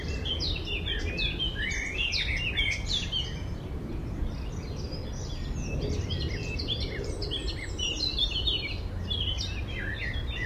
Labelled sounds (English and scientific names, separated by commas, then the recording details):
Eurasian Blackcap (Sylvia atricapilla)
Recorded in the wild
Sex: male
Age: adult
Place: Friedhof Niederschönhausen III, Berlin, DE
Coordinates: 52.62, 13.46
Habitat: Stadtfriedhof
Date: 1994-05-12
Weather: sonnig, böiger Wind, 12-14°C
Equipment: Marantz CP 430, Sennheiser ME 80, Kopie Uher Variocord 263
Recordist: Tembrock, Günter